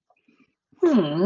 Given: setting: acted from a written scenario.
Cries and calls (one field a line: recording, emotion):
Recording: vocal sound without words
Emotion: adoration